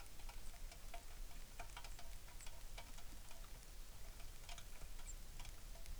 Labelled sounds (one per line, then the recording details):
songbird
rain
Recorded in the Arctic National Wildlife Refuge, Alaska, on 3 August 2019
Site 33